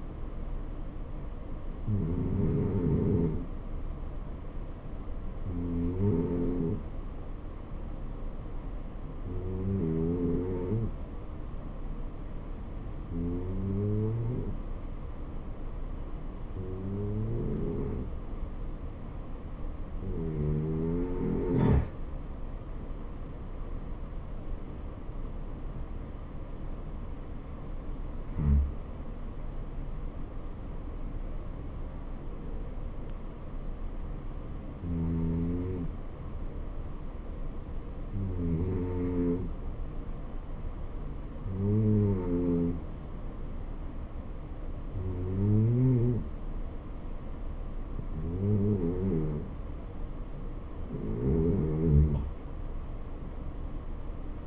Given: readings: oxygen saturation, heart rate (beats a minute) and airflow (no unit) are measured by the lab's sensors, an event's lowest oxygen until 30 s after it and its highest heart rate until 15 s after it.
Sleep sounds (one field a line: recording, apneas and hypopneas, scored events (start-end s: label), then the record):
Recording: breathing in sleep by a smartphone at the bedside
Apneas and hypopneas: none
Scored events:
none scored
From the record:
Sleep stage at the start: N2 (light sleep)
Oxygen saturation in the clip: 90 to 91%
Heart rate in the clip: 63 to 71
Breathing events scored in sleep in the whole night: 277 in 7.4 hours asleep